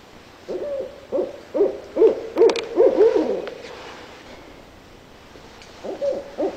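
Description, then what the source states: Barred owl giving a quick run of about seven low, slightly wavering hoots, followed by quiet, then the start of another hooting series near the end. Recorded 9 June 2003.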